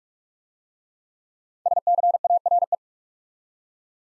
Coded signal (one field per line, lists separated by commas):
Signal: Morse code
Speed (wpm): 44 wpm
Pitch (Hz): 700 Hz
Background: none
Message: SCARE